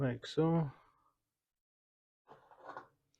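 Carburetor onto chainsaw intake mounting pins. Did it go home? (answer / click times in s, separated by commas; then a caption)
no / none. Someone talks briefly as the carburetor of an Efco 3700 chainsaw, which sat unused for years, is slid onto its intake mounting pins and lined up. After a pause, faint handling ticks are heard around 2.3 and 2.8 seconds. Nothing has seated or clicked into place yet.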